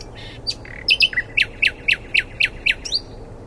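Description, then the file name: Common nightingale phrase of varied chirps giving way to a rapid run of repeated down-slurred notes. "Luscinia megarhynchos"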